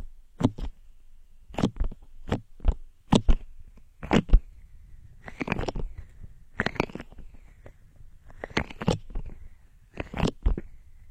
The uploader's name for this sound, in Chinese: 蜡烛、毛刷、包装盒、木剪